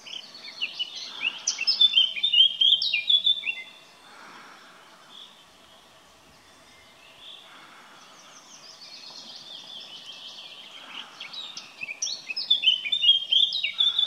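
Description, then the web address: Eurasian blackcap song: bright warbling phrases, a quieter stretch in the middle, then more warbling building to loud phrases at the end. "pokrzewka czarnolbista kapturka"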